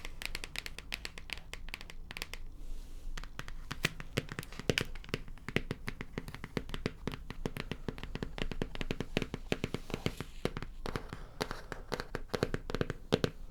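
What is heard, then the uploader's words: Rapid, irregular tapping runs throughout, sharp crisp clicks in dense bursts with brief gaps near three and eleven seconds, over a low hum. Tapping.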